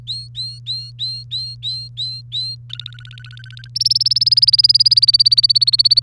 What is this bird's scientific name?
Serinus canaria